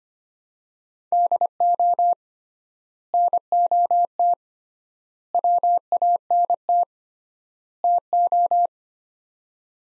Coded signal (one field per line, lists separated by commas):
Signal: Morse code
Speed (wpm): 25 wpm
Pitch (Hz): 700 Hz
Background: none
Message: DO NOT WANT TO